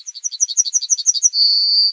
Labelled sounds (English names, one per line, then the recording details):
Yellowhammer song
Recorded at under 5 m from the bird
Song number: 125